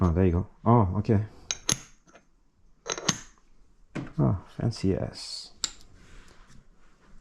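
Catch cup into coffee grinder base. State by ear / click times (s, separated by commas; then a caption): seated / 5.6 s. Someone talks while setting up a Varia VS6 coffee grinder, with several short knocks and clicks between 1.5 and 4.0 s. The grinds catch cup is placed under the grinder and snaps magnetically into place in the grinder base with a sharp click at 5.6 s, locking it in.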